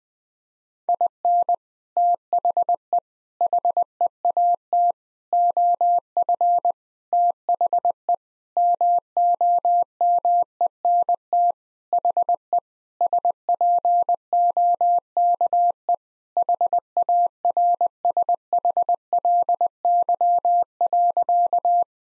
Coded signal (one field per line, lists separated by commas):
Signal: Morse code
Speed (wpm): 19 wpm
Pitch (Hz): 700 Hz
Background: none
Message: IN THE HEAT OF THE MOMENT HE SPOKE HARSHLY.